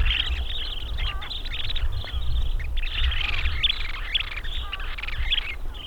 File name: Bonte Strandloper Calidris alpina